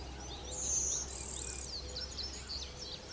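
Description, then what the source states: Brewster's warbler song, two high insect-like buzzes in quick succession, then scattered high chirps over a low background hum. Recorded in Blair Valley.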